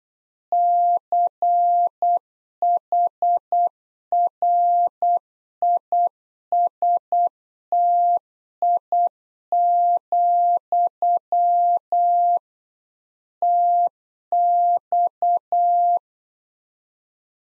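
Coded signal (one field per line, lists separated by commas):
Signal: Morse code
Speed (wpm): 8 wpm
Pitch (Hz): 700 Hz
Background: none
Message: CHRISTI, TX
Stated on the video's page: Practice QSO beginning segment (RST, QTH, name) at 8 wpm, sent twice for head-copy.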